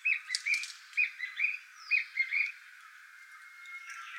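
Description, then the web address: Narcissus flycatcher song: short whistled and warbled phrases in quick succession for about two and a half seconds, then a quiet stretch with a faint high steady tone. Recorded 9 April 2019. "birdenaga kibitaki"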